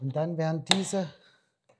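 Someone talks while the two locking tabs of a camper fridge's vent grille are being handled against the grille frame after repositioning. Nothing has seated or clicked into place yet.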